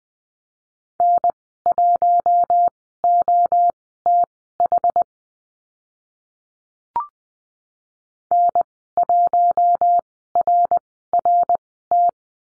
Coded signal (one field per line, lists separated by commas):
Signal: Morse code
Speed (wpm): 20 wpm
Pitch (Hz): 700 Hz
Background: none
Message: N1OTH N1RRT